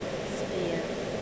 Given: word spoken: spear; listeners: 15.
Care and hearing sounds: one English word in noise, from a listening test; speech-shaped noise; -4.5 dB; 5 of 15; 6 of 15; 0.82 s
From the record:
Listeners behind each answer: 6, 5, 3, 1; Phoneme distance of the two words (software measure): 10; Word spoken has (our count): 1 syllable, 3 phonemes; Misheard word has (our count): 1 syllable, 3 phonemes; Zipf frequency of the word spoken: 3.42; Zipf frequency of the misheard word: 3.78

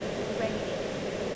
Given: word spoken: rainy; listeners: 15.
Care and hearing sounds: one English word in noise, from a listening test; speech-shaped noise; -6.4 dB; 1 of 15; 6 of 15; 0.95 s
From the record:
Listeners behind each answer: 6, 2, 1, 1, 1, 1, 1, 1, 1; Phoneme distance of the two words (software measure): 17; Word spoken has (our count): 2 syllables, 4 phonemes, stress on syllable 1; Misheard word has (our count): 2 syllables, 5 phonemes, stress on syllable 1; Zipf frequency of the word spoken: 3.71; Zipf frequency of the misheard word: 4.07

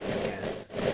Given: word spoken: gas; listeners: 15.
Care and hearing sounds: one English word in noise, from a listening test; noise modulated by three-talker babble; -6.8 dB; 5 of 15; 6 of 15; 0.54 s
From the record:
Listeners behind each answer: 6, 5, 1, 1, 1, 1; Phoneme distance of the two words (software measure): 10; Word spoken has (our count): 1 syllable, 3 phonemes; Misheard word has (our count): 1 syllable, 3 phonemes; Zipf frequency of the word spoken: 4.77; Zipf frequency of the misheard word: 5.16

